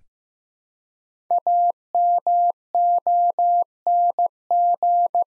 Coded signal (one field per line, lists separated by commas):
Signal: Morse code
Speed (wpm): 15 wpm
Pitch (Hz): 700 Hz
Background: none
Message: AMONG